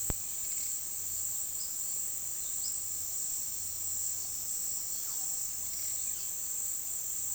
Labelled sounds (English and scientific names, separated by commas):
Russet-backed Oropendola (Psarocolius angustifrons)